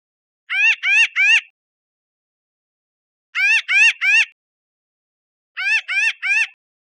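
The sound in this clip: Pinyon jay calls: three short nasal, harmonic-rich notes in quick succession, the burst repeated about every two and a half seconds with silence between.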